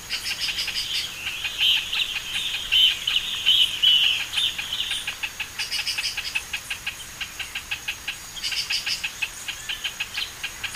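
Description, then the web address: Pinto's spinetail giving quick repeated clipped notes, about three a second, over a constant high-pitched drone. "Pinto's spinetail. پرنده-دم-خاری-پینتو"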